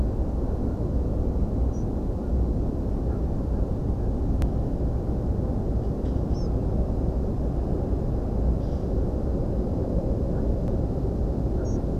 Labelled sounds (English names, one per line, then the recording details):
Spotted Flycatcher
European Pied Flycatcher
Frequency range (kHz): Spotted Flycatcher 5.3-7.5 kHz; European Pied Flycatcher 4.5-6.7 kHz
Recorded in France